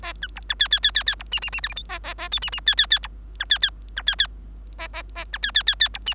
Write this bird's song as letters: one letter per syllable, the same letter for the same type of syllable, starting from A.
A B C D D D D D B E E E F G H A A A I E E D D D B A A A C D D D D B E